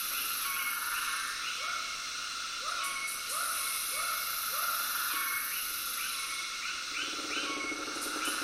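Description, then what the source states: Frogs calling in short arched notes repeated in series, over a dense, steady high-pitched drone of cicadas. Tropical soundscape where cicadas call together with frogs.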